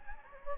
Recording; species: mosquito wingbeat signal from an infrared sensor; Anopheles gambiae